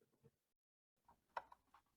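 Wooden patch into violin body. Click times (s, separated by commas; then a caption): 1.4 s. A CNC-milled wooden click-fit patch is pressed into a damaged violin body, with soft low handling noise at the start and a brief silence before it. A sharp pop at 1.4 s shows the patch seating into place, followed by a fainter tick at 1.5 s.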